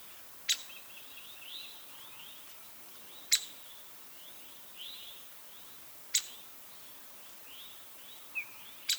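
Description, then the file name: Downy woodpecker calls: short, abrupt pik notes, mostly two to three seconds apart with the last two close together, five in all, with faint chirping of other birds behind them. "downy woodpecker call notes by paul marvin"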